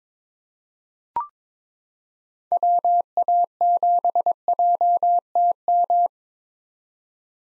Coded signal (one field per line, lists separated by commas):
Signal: Morse code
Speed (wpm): 22 wpm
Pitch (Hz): 700 Hz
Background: none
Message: WA7JTM